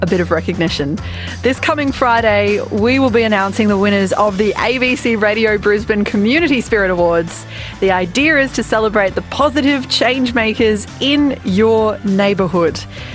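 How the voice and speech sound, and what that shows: Clear, fluent adult female speech in a radio announcement, with steady rhythm, few pauses and natural pitch variation; typical speech.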